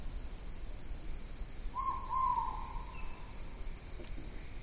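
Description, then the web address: Great pitta call: a single low, mellow two-part whistle, slightly falling, over a steady high insect drone. Recorded in Indonesia. "ULM-DS-Lab indonesian-bird-sounds. Pitta maxima"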